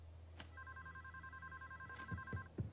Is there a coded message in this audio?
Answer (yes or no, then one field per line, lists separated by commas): no